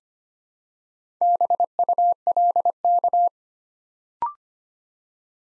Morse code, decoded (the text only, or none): BULK